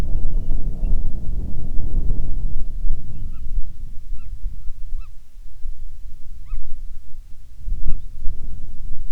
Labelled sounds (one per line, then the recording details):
bird
wind
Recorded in the Prudhoe Bay oil fields, Alaska, on 10 July 2019 at 14:55
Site 14